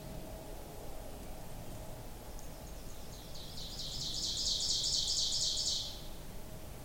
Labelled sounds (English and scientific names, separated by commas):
Ovenbird (Seiurus aurocapilla) song